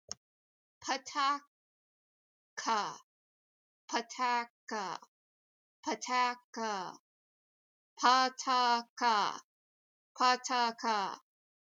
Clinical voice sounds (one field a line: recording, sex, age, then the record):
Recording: repeated syllables /pa ta ka/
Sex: female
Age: 30 to 39 years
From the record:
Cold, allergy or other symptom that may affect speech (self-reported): no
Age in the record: 37 years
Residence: Ohio, United States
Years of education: 16